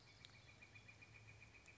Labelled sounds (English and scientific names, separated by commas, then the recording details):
Northern Flicker (Colaptes auratus)
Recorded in Sonoma County, California